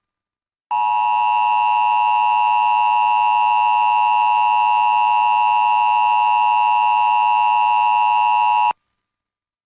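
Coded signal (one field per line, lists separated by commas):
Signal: Emergency Alert System (SAME) tones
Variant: 853 and 960 Hz attention tone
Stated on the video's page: Flash flood warning for Carolina, Puerto Rico, from the National Weather Service San Juan.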